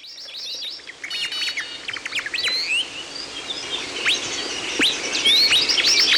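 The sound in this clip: Birds chirping, quiet at first and growing louder, with scattered sharp notes and some high sliding whistles toward the end.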